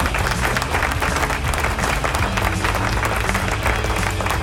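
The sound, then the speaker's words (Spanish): A steady wash of crowd applause, dense and loud, with many hands clapping at once in a continuous roar that holds evenly for several seconds. “¡Aplauso!”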